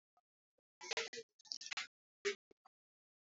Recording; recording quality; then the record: sustained vowel as in made; poor, much background noise or distortion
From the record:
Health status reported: respiratory illness, not identified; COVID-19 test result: negative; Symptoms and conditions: cough, chronic lung disease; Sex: male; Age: 68 years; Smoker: not ticked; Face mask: not worn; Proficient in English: yes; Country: India